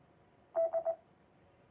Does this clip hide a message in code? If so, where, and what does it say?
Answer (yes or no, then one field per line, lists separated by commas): no